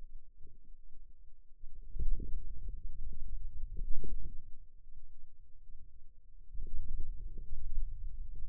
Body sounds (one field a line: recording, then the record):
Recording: forearm muscle sounds (acoustic myography)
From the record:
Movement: hand opening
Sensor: system 2, bracelet of six BSWA MPA416 microphones around the upper forearm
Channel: 2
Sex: male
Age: 22 years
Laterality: right